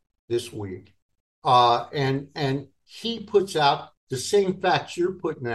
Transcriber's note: none